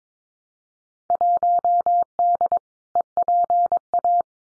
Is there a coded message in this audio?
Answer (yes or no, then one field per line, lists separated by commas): yes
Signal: Morse code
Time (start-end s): 1.1-4.2 s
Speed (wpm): 22 wpm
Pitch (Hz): 700 Hz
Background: none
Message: 1D EPA